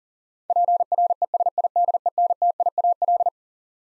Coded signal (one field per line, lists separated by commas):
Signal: Morse code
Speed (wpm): 40 wpm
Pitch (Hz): 700 Hz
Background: none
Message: PRESIDENTIAL